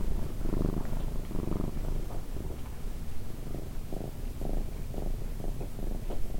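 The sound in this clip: Domestic cat purring, a low vibrating rumble pulsing with in and out breaths over several seconds.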